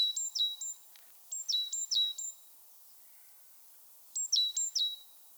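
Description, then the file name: Great tit calls: quick series of sharp, downward-sliding high notes ending in a level tone, given in groups of three or four with short pauses. "Parus major"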